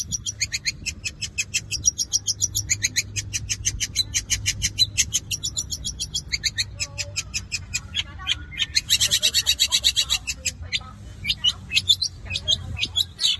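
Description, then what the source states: Long-tailed shrike song of rapid high trilled notes, then a dense buzzy burst midway, followed by varied chattering phrases, with a low background hum throughout. Song in the 'kombinasi' (combination) style.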